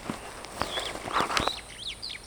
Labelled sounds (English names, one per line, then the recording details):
Superb Starling flight call
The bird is a male
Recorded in Kenya on 9 June 2010
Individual 46, of group MRC1